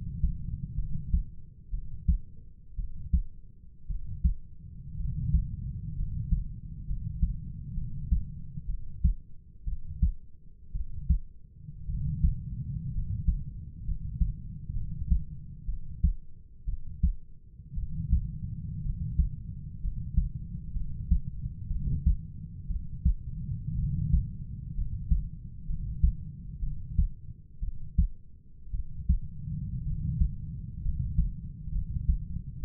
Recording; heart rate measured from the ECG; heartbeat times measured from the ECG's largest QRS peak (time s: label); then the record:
heart sounds by stethoscope; 60 bpm
0.76 s: heartbeat
1.71 s: heartbeat
2.77 s: heartbeat
3.88 s: heartbeat
4.97 s: heartbeat
5.96 s: heartbeat
6.87 s: heartbeat
7.75 s: heartbeat
8.67 s: heartbeat
9.65 s: heartbeat
10.73 s: heartbeat
11.87 s: heartbeat
12.92 s: heartbeat
13.85 s: heartbeat
14.74 s: heartbeat
15.66 s: heartbeat
16.66 s: heartbeat
17.75 s: heartbeat
18.83 s: heartbeat
19.81 s: heartbeat
20.74 s: heartbeat
21.68 s: heartbeat
22.68 s: heartbeat
23.76 s: heartbeat
24.75 s: heartbeat
25.67 s: heartbeat
26.60 s: heartbeat
27.60 s: heartbeat
28.72 s: heartbeat
29.84 s: heartbeat
30.82 s: heartbeat
31.72 s: heartbeat
32.61 s: heartbeat
From the record:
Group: healthy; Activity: cold pressor test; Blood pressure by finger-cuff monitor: 99/56 mmHg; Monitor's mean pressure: 67 mmHg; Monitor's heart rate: 60 bpm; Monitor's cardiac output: 5.2 L/min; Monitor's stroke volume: 86 mL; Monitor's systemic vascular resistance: 890 dyn s/cm5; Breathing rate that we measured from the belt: 10 breaths a minute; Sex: male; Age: 25 years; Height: 170 cm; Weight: 70.4 kg